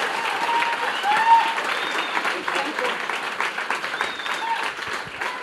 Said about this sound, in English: Das war der Applaus von vorhin. Ich glaube, wir werden hier nochmal einen Applaus geben, oder? So, that was the applause.